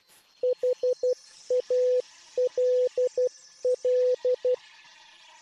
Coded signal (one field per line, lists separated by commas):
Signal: Morse code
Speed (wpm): 12 wpm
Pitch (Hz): 500 Hz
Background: none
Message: HALL